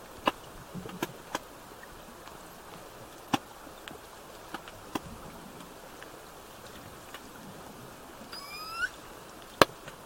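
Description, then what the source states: Killer whale call, one brief harmonic upsweep near the end. It sits over steady underwater hiss and scattered sharp clicks. Southern Resident killer whales with a calf, 17 September 2024 at 17:00.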